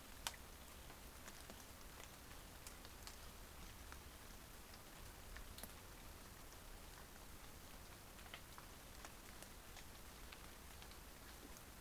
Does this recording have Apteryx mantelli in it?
no